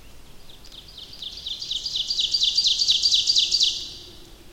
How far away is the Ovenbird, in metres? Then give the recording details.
about 30 m. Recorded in boreal forest in Alberta, Canada, on 28 May 2016 at 06:39. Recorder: SongMeter 3, array SBT-3-49. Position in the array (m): 38 m, 187 m. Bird 15